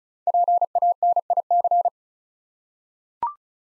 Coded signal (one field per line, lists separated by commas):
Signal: Morse code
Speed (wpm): 36 wpm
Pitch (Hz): 700 Hz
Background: none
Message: PANIC